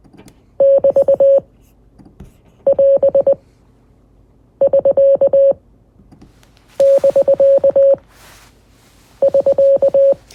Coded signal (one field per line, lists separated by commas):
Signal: Morse code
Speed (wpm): 20 wpm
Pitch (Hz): 550 Hz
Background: none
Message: <BT> <AS> <SK> <BK> <SK>